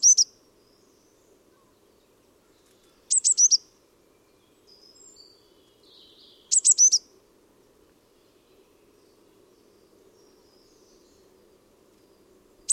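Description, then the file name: Eurasian blue tit giving sparse short bursts of three or four high, thin notes several seconds apart, with faint soft chirps and a steady low hum. "Cyanistes caeruleus"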